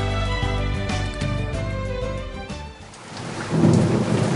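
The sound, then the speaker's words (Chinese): Steady rain hisses down with a low, rolling thunder rumble beneath it; a short stretch of tonal music plays first before the downpour grows louder toward the end. No one speaks. “趁落雨装翻啲水咯。”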